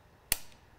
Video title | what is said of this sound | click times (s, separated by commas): INTENSE Tazer MX Alloy Unboxing | once you hear that click it is locked into position and ready to ride | 0.3 s